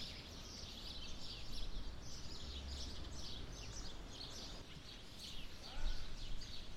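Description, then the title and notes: Birds singing in a chorus of quick high chirps and twitters throughout, over a steady low rumble, with a brief louder sound near the end. Birds nesting in trees on both sides of a path up to the church in Sete Cidades, Azores. "Atonal church bells, Sete Cidades. The church bells in Sete Cidades in the Azores ring out. birds nesting in the trees either side of a path leading up to the church provide a more melodious accompaniment. Recorded by Cities and Memory"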